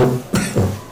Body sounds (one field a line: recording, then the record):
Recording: coughing mixed with background sound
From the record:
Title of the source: Mid-morning Winter Coughing Fit